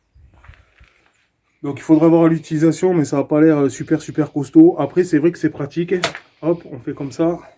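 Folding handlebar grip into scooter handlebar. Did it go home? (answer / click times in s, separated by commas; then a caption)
no / none. A folding plastic handlebar grip on a Go Ride 80 Pro electric scooter is handled and folded back toward its riding position, with a few faint taps in the first second before someone talks for the rest of the clip. Nothing has clicked or seated yet.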